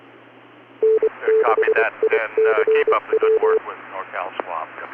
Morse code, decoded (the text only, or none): N6ICW